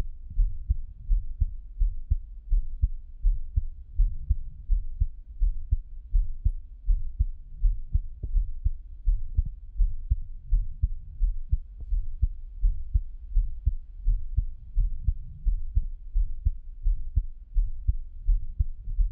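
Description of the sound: Soft, muffled low thumps repeat at a steady pace of about 83 beats a minute, with a faint low hum underneath. An adult's own heartbeat, recorded close to the chest for Taiwanese ASMR listening, with no talking.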